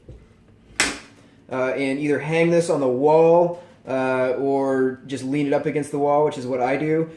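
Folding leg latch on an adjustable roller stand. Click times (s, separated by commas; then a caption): 0.8 s. A metal folding leg on a Kobalt adjustable roller stand is folded up after its release is pushed in, and it snaps into its folded position with a sharp hit at 0.8 seconds, locking into place. Someone then talks.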